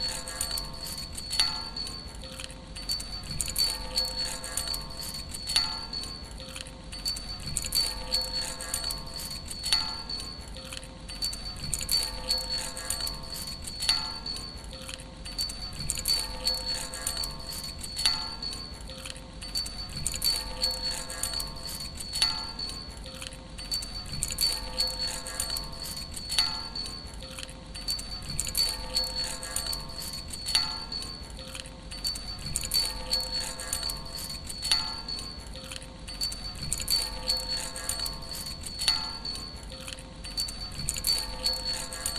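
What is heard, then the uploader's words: Keys jingle and clink against a railing in a steady, regular rhythm, with a thin high ringing tone sustained throughout and low rumble underneath. Keys on the railing. Recorded by Dan Bodah in Fall 2008, Brooklyn NY.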